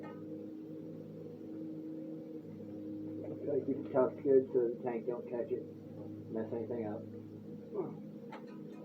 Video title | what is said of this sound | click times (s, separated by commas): power comander 5 install on 06 gsxr 1000 | that one didn't click | none